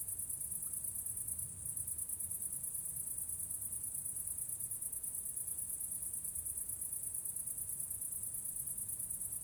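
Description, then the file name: Crickets keep up an unbroken high, shrill chirping over a constant low-pitched background rumble. Several crickets recorded near a church. "grillons nve eglise"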